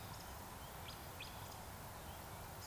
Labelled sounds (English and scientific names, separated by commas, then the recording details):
Eurasian Woodcock (Scolopax rusticola) whistle
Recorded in Baden-Württemberg, Germany, on 26 June 2021 at 19:53 UTC
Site 45499, 200 m above sea level